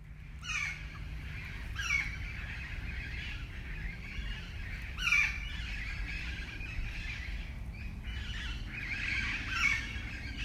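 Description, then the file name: Parakeet, a few loud harsh screeches with quieter chatter between, over a steady low rumble. "FR-3 Parakeets"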